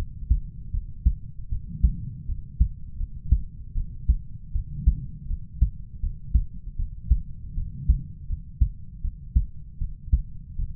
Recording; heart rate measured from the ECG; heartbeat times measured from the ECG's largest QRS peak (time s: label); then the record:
heart sounds by stethoscope; 79 bpm
0.71 s: heartbeat
1.49 s: heartbeat
2.26 s: heartbeat
2.97 s: heartbeat
3.74 s: heartbeat
4.52 s: heartbeat
5.27 s: heartbeat
6.00 s: heartbeat
6.76 s: heartbeat
7.54 s: heartbeat
8.27 s: heartbeat
9.01 s: heartbeat
9.78 s: heartbeat
10.55 s: heartbeat
From the record:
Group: healthy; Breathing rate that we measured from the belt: 21 breaths a minute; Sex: male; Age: 20 years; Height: 187 cm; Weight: 68.9 kg